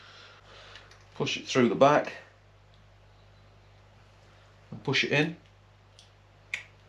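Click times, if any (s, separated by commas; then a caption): 6.5 s. After the wires are sorted by number, a wire terminal is fed through the back of a plastic plug housing and pushed in while someone talks, during a 12-inch T-bar install on a Club Style Dyna (FXD 35th Anniversary). A sharp click at 6.5 s marks the terminal clicking into place and seating in the housing.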